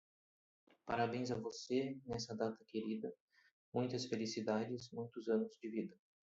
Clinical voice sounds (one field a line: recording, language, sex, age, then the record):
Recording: short text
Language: Brazilian Portuguese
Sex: male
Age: 30 to 39 years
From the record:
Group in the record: control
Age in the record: 39 years